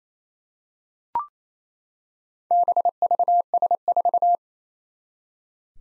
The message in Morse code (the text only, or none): BVS4